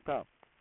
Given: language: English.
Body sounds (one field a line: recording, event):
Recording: throat vibration sensor signal played as sound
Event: speech